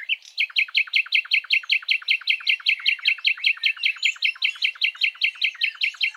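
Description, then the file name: Common nightingale song: a steady, fast string of bright repeated notes held throughout. "Luscinia megarhynchos"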